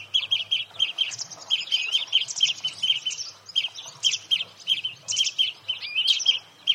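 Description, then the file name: European greenfinch calls, rapid twittering chirps around a steady pitch, repeated in short bursts throughout, with a faint low hum underneath. "Chloris chloris"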